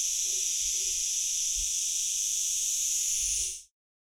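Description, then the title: Cicadas in a dense chorus, a steady shrill hiss with bright high bands, holding without pause for nearly four seconds before it cuts to silence. Hundreds of cicadas calling together near Pocinho on the Douro River, Portugal. "Cigarras no Pocinho"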